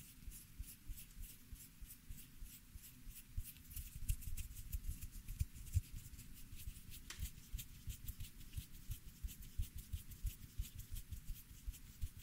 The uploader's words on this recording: CUTTING HAIR ASMR NO TALKING, ASMR HAIRCUT, ASMR CUTTING YOUR BANGS, ASMR SCISSORS SOUNDS.